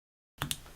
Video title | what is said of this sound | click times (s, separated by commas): ICON RDA By Mike Vapes & Vandy Vape! | oh yeah love that click sound | 0.4 s, 0.5 s